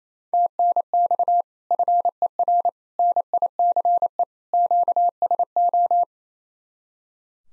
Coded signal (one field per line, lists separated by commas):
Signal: Morse code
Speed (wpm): 34 wpm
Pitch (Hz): 700 Hz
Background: none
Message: TNX FER NICE QSO